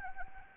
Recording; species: mosquito wingbeat signal from an infrared sensor; Anopheles gambiae